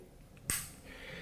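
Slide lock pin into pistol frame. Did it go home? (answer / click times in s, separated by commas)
yes / 0.5 s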